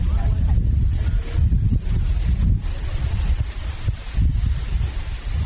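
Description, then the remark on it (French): Wind blows steadily under oil palm trees for several seconds, a loud low rumbling roar that buffets the microphone in uneven gusts, with a faint hiss of rustling above it and no clear speech. “Sous les palmiers à huile, le vent souffle.”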